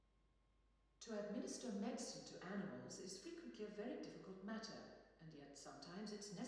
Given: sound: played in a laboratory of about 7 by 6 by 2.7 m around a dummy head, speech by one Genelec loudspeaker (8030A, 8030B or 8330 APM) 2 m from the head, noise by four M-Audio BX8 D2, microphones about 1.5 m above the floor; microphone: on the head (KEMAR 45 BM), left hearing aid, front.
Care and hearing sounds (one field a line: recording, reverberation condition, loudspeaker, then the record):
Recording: female speech in English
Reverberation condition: high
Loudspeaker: 150 degrees to the left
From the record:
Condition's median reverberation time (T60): about 1300 ms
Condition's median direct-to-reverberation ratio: about -4.0 dB